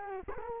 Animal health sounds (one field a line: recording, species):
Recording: mosquito wingbeat signal from an infrared sensor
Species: Culex quinquefasciatus